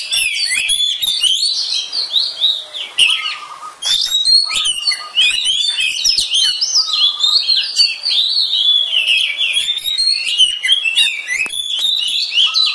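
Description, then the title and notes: Oriental magpie-robin singing a fast, rich run of varied whistles, slurred chirps and sharp high notes, nearly continuous, with occasional lower whistled notes underneath. "suara kacer. kumpulan suara burung kacer"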